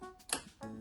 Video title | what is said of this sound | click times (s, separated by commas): How to assemble the Safetots Mesh Bed Guard? - Safetots | and again it will click into place, and we do the same on the opposite side. | 0.3 s